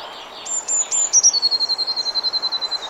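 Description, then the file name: Eurasian blue tit phrase: three or four sharp high notes, then a quick run of identical lower notes lasting over a second, against soft background noise. "Cyanistes caeruleus"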